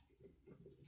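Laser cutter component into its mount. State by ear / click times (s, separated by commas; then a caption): not seated / none. A component is handled as it is pushed toward its mount in a Glowforge Basic laser cutter, after the carriage has been slid over to the end. Soft, low scraping and rustling handling noises are heard, with no sharp transients. Nothing has seated or clicked yet.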